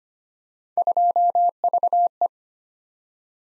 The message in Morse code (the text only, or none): 2VE